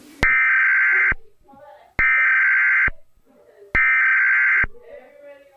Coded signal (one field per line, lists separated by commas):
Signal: Emergency Alert System (SAME) tones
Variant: header bursts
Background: speech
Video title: special test eas